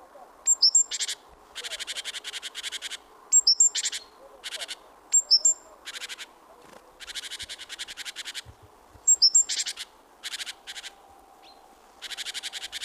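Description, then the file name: Great tit calls: high thin double notes followed by long buzzy churring rattles, alternating steadily throughout. "Parus major"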